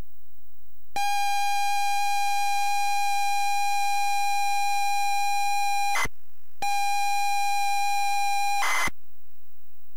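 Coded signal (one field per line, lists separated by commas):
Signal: ZX Spectrum tape loading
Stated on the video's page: ZX Spectrum tape version of Paperboy loaded on a ZX Spectrum +3 with a WH Smith CPD8300 cassette recorder.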